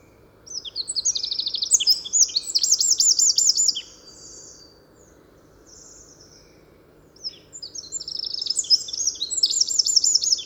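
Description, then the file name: Eurasian wren song in two long, energetic phrases of fast, high, tumbling trills and twitters, separated by a few seconds of quiet background hiss. "Troglodytes troglodytes"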